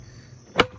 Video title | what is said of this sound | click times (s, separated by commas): #MILWAUKEE #PACKOUT modular tool storage review and demo | until it clicks and then it's locked in there really awesome | 0.6 s